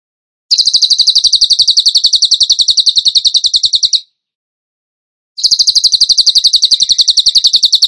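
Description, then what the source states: Bird song: long, even trills of very fast, high, sharp notes, each running several seconds with a clear pause between them. Masteran (training recording) song in the 'tembakan gacor' style, used to train other birds.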